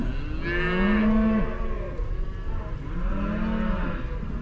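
Cow mooing twice, each moo a steady drawn-out low note, with a short click at the very end.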